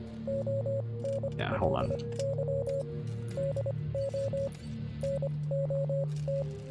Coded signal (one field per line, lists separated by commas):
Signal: Morse code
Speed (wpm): 25 wpm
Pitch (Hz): 550 Hz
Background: speech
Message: ONLY DO NOT